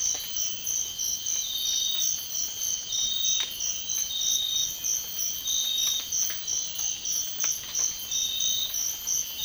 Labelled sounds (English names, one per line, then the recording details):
none
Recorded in dense forest near Puerto Asís, Putumayo, Colombia, on 12 March 2025 at 06:00
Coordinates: 0.500, -76.322
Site GP06